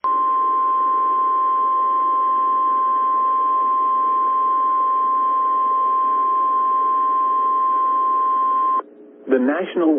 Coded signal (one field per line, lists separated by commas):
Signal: Emergency Alert System (SAME) tones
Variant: 1050 Hz attention tone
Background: speech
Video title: Des Moines IA Severe Thunderstorm Warning EAS 7 11 PM 4 23 2022